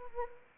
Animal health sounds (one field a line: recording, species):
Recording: mosquito wingbeat signal from an infrared sensor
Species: Anopheles arabiensis